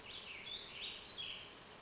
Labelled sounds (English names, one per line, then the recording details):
Warbling Vireo
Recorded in Sonoma County, California